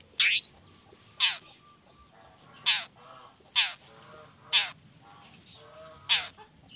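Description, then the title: Long-tailed shrike calls: harsh rasping notes repeated at somewhat irregular intervals. Morning singing of a vigorous long-tailed shrike with 'toet toet' sound variations, intended to stimulate lazy shrikes into singing along. "Cendet Gacor Dor Di Kala Pagi Toet Toet Variasi Suara. Cendet Gacor Di Pagi Hari Rangsangan Emosi Cendet Malas Bunyi Supaya Secepatnya Ikutan Bunyi"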